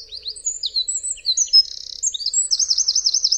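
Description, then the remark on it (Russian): Eurasian wren song: a loud, high, rapid stream of sharp chirps and whistles, broken by a dry rattling trill and ending in a fast warbling roll, with no voices. “Послушайте песню крапивника.”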